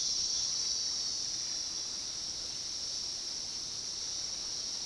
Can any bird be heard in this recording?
no